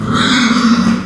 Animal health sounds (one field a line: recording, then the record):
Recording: squeal of a Yucatan mini pig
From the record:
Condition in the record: after surgery on the right vocal fold (resection and tissue-engineered implant)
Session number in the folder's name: 12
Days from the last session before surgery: 105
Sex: female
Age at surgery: 19 weeks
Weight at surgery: 25 kg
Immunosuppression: prednisolone